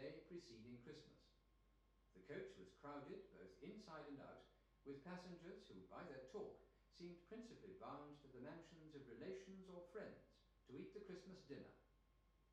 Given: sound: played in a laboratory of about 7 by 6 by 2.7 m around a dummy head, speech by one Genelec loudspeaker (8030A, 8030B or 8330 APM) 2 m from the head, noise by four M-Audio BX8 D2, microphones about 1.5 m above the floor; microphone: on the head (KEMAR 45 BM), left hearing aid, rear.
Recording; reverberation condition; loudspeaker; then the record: male speech in English; medium; 60 degrees to the right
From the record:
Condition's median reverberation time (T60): about 510 ms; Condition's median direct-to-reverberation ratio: about -0.5 dB